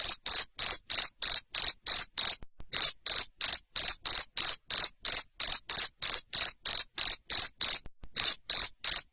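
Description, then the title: Loud cricket chirps, short high rasps repeated about three times per second, with two quick pauses interrupting the rhythm. Loud cricket chirping, played to stimulate lovebirds to sing continuously (ngekek). "Suara JANGKRIK NGERIK Keras Bikin LOVEBIRD Jadi NGEKEK Terus"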